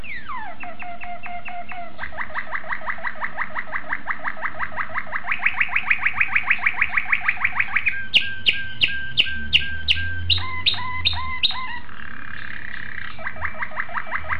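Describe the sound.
Domestic canary song made of successive tours: rapid rolling trills, then sharp loud notes repeated about twice a second, a buzzy phrase and another trill.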